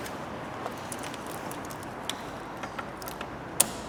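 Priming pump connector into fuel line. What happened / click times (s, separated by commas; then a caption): The plastic fuel line connector snapped into place / 3.6 s. A plastic quick connector on a priming pump is pushed into the fuel line during a fuel filter job on a 2008-on Ford Fiesta 1.6 TDCi diesel. A few faint ticks and knocks over low background noise lead to one sharp, loud click at 3.6 s, when the connector seats onto the fuel line.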